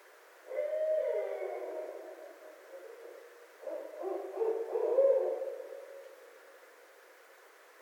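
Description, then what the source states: Barred owl giving two drawn-out hooting phrases separated by a short pause. Recorded 26 February 2012.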